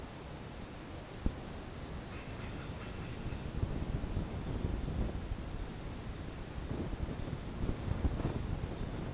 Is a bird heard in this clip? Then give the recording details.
no. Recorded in dense forest near Puerto Asís, Putumayo, Colombia, on 22 June 2025 at 10:30. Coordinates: 0.499, -76.324. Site G100